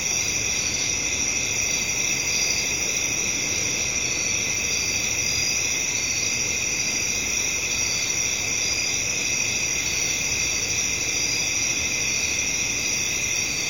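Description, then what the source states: Chorus of crickets, steady high chirping in overlapping bands that holds constant from start to finish, with light low noise beneath. Night-time crickets in a residential area, with traffic in the background.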